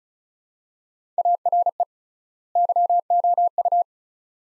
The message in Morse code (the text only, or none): ARE YOU